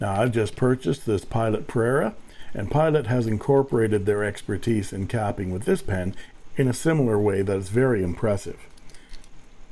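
Someone talks while handling a Pilot Pereira fountain pen, about to slide its cap onto the pen body, and a few faint, brief handling sounds come near the end. The cap has not yet clicked home; nothing has seated.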